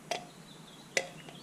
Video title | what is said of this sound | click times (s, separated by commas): Audi S3 1st Oil Change | yeah so it really doesn't click in anymore | none